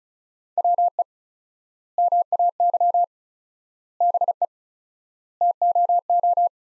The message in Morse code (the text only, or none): WE MAY BE TOO